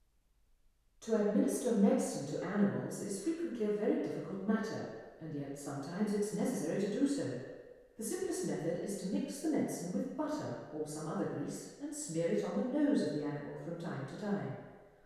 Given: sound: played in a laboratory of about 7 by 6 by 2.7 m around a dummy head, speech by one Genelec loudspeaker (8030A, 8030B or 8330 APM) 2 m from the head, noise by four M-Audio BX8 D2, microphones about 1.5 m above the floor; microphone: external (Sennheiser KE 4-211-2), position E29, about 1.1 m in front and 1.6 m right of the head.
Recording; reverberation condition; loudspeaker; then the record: female speech in English; high; 60 degrees to the left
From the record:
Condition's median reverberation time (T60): about 1300 ms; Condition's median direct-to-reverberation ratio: about -4.0 dB